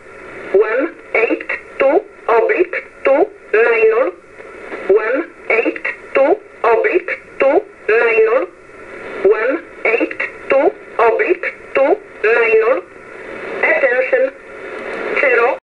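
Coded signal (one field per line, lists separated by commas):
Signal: numbers station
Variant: E11 Oblique, English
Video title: 15 08 2022 Numbers Station E11 Oblique in English to Eu 0830 on 15720 Warsaw in USB mode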